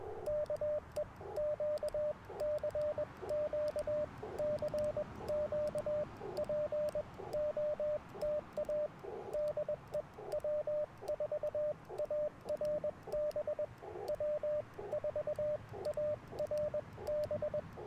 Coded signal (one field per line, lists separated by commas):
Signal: Morse code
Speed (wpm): 20 wpm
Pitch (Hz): 600 Hz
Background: radio noise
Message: K E QCQ CQ POTA DE W4ARB W4ARB